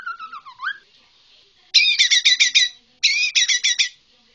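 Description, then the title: White-rumped shama song: a whistled slide rising at its end, then two bursts of rapid rich chattering notes. Borneo form of the white-rumped shama. "MURAI BORNEO MAS KIKI"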